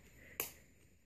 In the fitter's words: hear that click and that's where your child's heel goes